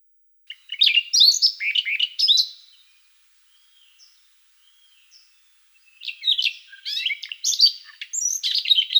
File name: solovey krasnosheyka golos